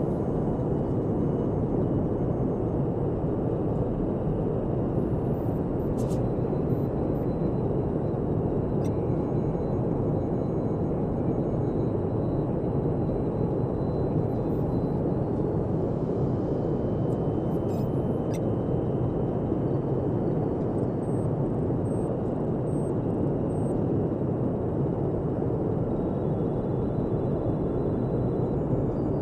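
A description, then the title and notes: A steady, dense low rumble like a spacecraft interior hums throughout, with faint bright clicks and beeps flickering above at scattered moments. Alien Space Mission Ambience.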